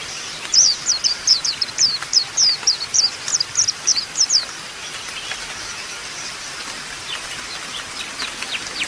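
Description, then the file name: White-eye song: a rapid run of about a dozen high, thin, sweeping notes over roughly four seconds, then only steady background hiss. Audio therapy for caged white-eyes, known locally as pleci. "audio-terapi-pleci -omkicau"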